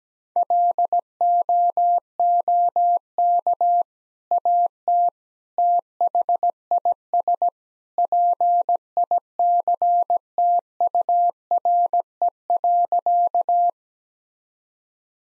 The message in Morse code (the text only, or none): LOOK AT THIS PICTURE.